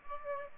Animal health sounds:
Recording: mosquito wingbeat signal from an infrared sensor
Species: Aedes aegypti

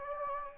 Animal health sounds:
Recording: mosquito wingbeat signal from an infrared sensor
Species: Anopheles gambiae

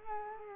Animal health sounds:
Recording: mosquito wingbeat signal from an infrared sensor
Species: Culex quinquefasciatus

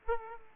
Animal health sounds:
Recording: mosquito wingbeat signal from an infrared sensor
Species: Aedes aegypti

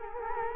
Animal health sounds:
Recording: mosquito wingbeat signal from an infrared sensor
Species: Culex quinquefasciatus

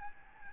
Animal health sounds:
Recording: mosquito wingbeat signal from an infrared sensor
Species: Aedes albopictus

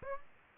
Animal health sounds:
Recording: mosquito wingbeat signal from an infrared sensor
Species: Aedes aegypti

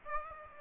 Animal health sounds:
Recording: mosquito wingbeat signal from an infrared sensor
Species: Aedes aegypti

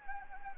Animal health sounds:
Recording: mosquito wingbeat signal from an infrared sensor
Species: Anopheles gambiae

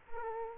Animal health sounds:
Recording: mosquito wingbeat signal from an infrared sensor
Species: Aedes aegypti

